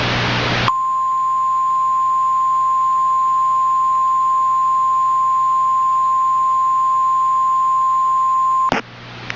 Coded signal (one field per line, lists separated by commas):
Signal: Emergency Alert System (SAME) tones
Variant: 1050 Hz attention tone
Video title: EAS Mock: Flash Flood Warning